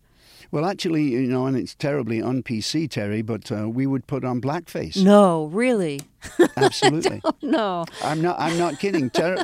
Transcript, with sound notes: Well, actually, you know, and it's terribly un-PC, Terry, but we would put on blackface.
No, really?
(LAUGHTER)
Absolutely.
No.
I'm not kidding.